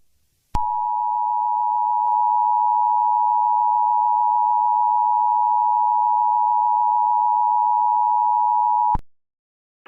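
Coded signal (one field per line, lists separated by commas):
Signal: Emergency Alert System (SAME) tones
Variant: 853 and 960 Hz attention tone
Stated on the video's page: Fictional EAS scenario.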